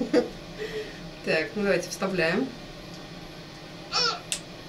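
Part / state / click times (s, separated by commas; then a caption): brush head onto electric toothbrush handle / seated / 4.3 s. A replacement brush head is pushed onto a Nandme NX8000 electric toothbrush handle, plastic onto plastic, while someone talks. A single sharp click at 4.3 s shows the head has seated.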